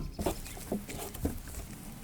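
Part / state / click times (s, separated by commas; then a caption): fuel line quick connectors onto fuel pump sender unit ports / not seated / none. Quick-release fuel line connectors are handled and pushed down toward the inlet and outlet ports on the fuel pump sender flange of a 1999–2007 Skoda Fabia Mk1, a VAG part also used in VW, SEAT and Audi. Soft handling knocks and rustles come at about 0.3, 0.7 and 1.3 seconds, with a brief sharp tick at 1.2 seconds. Nothing has clicked or seated onto the ports yet.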